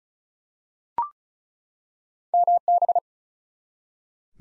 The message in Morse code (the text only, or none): MB